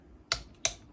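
A click-type torque wrench tightens a cylinder head nut on a scooter's 172cc big bore top end. Two sharp, bright clicks ring out at 0.3 s and 0.7 s over a quiet background. The wrench clicks at its set torque, confirming the nut is tightened to spec.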